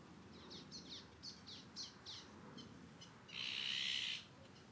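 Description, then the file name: Eurasian jay giving one loud, harsh, rasping screech lasting nearly a second, preceded by a run of faint, quick chirping notes. "Garrulus glandarius"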